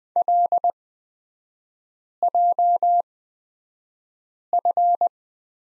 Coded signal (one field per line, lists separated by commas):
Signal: Morse code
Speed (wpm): 20 wpm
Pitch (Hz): 700 Hz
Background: none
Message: LJF